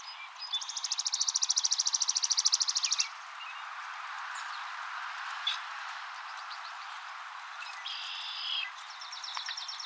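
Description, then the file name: Chipping sparrow song: one steady, mechanical trill of fast, evenly spaced high chips lasting about two and a half seconds, followed by quieter chirps and background hiss. "Spizella passerina"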